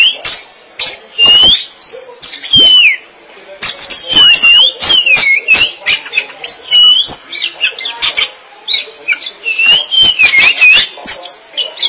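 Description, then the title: Oriental magpie-robin pouring out a loud, rapid mix of whistles, slurred sweeps and harsh chatter, almost continuous, with one brief pause. Chirping song (kicauan) of the bird. "Suara Kicauan Burung Kacer Durasi Panjang"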